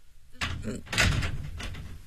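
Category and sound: household object, door being opened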